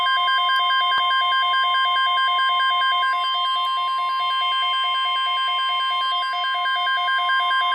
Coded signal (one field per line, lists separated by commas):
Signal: Emergency Alert System (SAME) tones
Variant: 1050 Hz attention tone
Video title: Tornado Watch #287 (EAS #23) (6/22/16)